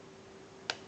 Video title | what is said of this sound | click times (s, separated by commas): Bandai Super Robot Chogokin SRC Grendizer Spacer Review | see once you push it down here lock down locks in place very nicely and to detach it | 0.7 s